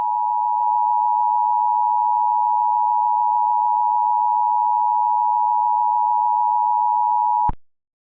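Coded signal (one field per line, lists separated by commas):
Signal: Emergency Alert System (SAME) tones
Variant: 853 and 960 Hz attention tone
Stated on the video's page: Fictional EAS scenario.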